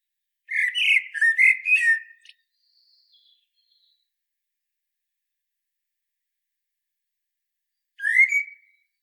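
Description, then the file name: Common blackbird singing a warbled phrase of several fluty notes lasting almost two seconds, a few faint thin notes after, then one short note near the end. "Turdus merula"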